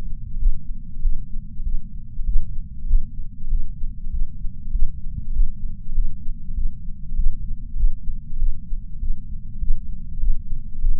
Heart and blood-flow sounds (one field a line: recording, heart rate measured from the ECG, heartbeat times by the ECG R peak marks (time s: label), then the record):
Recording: heart sounds by patch sensor on the chest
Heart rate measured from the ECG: 98 bpm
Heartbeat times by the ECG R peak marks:
0.39 s: heartbeat
1.01 s: heartbeat
1.64 s: heartbeat
2.26 s: heartbeat
2.87 s: heartbeat
3.49 s: heartbeat
4.11 s: heartbeat
4.72 s: heartbeat
5.33 s: heartbeat
5.94 s: heartbeat
6.55 s: heartbeat
7.16 s: heartbeat
7.76 s: heartbeat
8.38 s: heartbeat
9.00 s: heartbeat
9.60 s: heartbeat
10.20 s: heartbeat
10.81 s: heartbeat
From the record:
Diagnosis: coronary artery disease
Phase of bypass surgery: postoperative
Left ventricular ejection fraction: 66.9%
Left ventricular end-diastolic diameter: 46 mm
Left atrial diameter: 35 mm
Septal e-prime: 7.6 cm/s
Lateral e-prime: 10.1 cm/s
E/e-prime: 8.1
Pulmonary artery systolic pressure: 29 mmHg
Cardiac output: 6.1 L/min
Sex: male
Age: 63 years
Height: 180 cm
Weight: 65 kg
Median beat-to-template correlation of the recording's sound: 0.80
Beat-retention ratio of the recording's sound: 1.00